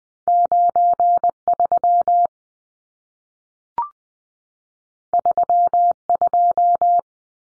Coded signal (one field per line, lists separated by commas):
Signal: Morse code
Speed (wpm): 20 wpm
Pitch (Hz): 700 Hz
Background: none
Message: 93 32